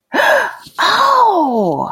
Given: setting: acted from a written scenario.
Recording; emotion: vocal sound without words; positive surprise